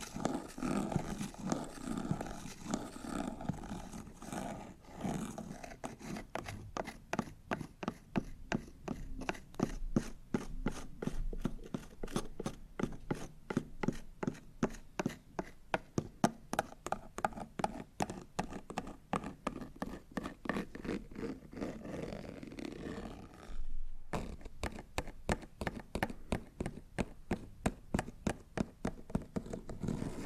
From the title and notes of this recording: Scratching, Rubbing & Tracing on Cardboard Boxes (NO TALKING).